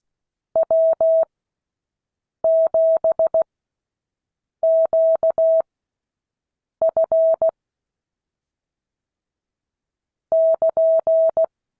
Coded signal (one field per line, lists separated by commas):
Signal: Morse code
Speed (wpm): 16 wpm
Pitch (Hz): 650 Hz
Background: none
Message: W7QF <KN>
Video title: Morse code class 2022 11 21